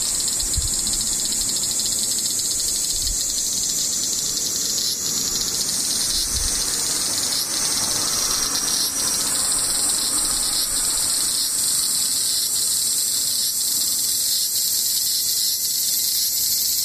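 Cicadas drone without pause, a dense, high, hissing buzz that holds nearly level for the whole stretch. A second bright tone line joins partway through, and a few soft low thumps fall near the start and around six seconds.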